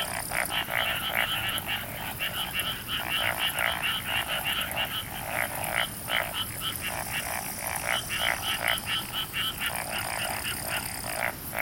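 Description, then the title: Dense frog chorus, many rapid pulsed croaks overlapping without pause for the whole stretch, with a faint high tone in the background. "Summer Japan, Hokkaido. Night Paddy's frogs. 夜の水田のカエル"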